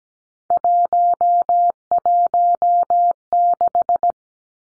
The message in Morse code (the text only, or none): 116